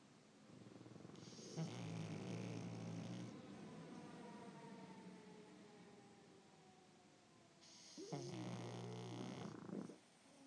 Two pugs snoring.